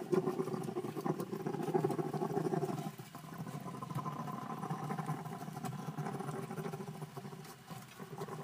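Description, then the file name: Bamboo rat mating call: dense, low buzzy chattering with rapid pulses, louder for the first three seconds, then a steadier, softer rasping drone. Call used to stimulate breeding in bamboo rats. "Tieng dui keu kich thich sinh san"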